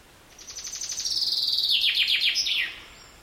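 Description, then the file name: Common chaffinch song: a bright rattling trill of quick notes that falls in pitch, ending in a brief flourish, lasting a little over two seconds. "Fringilla coelebs"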